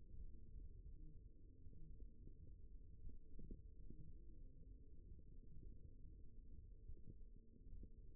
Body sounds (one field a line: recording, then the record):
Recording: forearm muscle sounds (acoustic myography)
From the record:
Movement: thumb flexion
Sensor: system 1, eight BSWA MPA416 microphones around the upper forearm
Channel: 3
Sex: male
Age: 54 years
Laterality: right